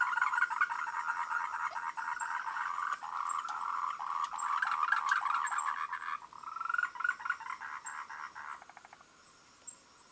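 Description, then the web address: Many frogs croak together in a thick, pulsing chorus that thins out and fades near the end, with a few sharp clicks on top. "voice cam frogs"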